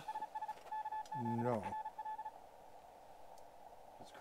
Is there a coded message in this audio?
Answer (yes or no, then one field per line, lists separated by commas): yes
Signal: Morse code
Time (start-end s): 0.1-2.3 s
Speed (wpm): 36 wpm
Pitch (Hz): 860 Hz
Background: speech, radio noise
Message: SS K7RL